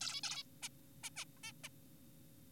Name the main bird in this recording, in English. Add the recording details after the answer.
Zebra Finch. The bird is an adult. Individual g4p5U